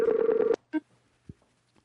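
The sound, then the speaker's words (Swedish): A phone's outgoing ringback tone sounds once as a call is placed again: a steady, mid-pitched buzzing burst about half a second long, followed by a few faint, brief clicks and blips. “Har vi hur ringer upp här igen?”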